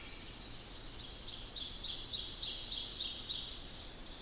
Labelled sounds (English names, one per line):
Ovenbird song